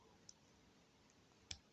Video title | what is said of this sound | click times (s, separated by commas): Harder & Steenbeck, Infinity Cr plus airbrush unboxing | and there you hear the click you may not hear the click but you may see it then you can wind it back in gently | 1.5 s